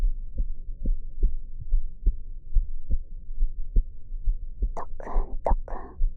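Soft, deep thumps repeat at roughly 71 beats a minute in a steady rhythm, heard through the ear of a dummy-head microphone pressed against an adult's chest. This is an ordinary heartbeat. Near the end, brief breathy vocal sounds come in over the beats.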